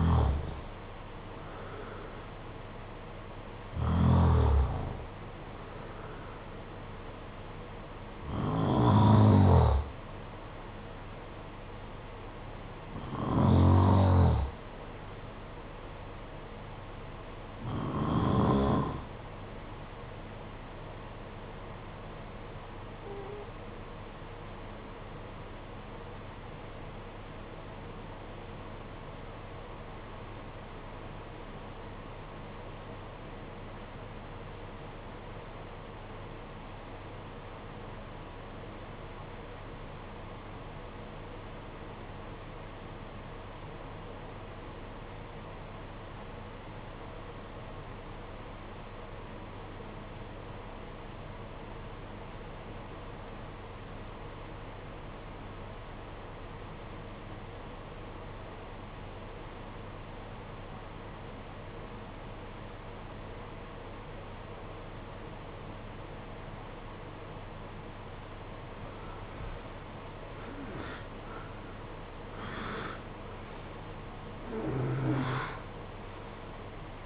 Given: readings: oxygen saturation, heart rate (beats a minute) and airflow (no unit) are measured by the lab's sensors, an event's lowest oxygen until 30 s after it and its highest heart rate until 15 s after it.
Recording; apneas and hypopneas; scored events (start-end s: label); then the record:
breathing in sleep by a voice recorder at the bedside; 1
22.00-70.00 s: obstructive apnea (REM, oxygen 95% highest, then 69% lowest, heart rate 50 at the start, 82 highest)
From the record:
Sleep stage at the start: REM sleep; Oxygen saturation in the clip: 72 to 95%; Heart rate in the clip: 46 to 82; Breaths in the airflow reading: 9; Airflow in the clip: -15.0 to 13.9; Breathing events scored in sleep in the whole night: 476 in 9.7 hours asleep